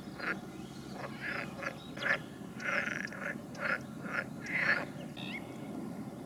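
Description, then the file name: Frogs croaking in a chorus of short, rasping calls. "Ni Gi D - Nature Recordings - Frogs"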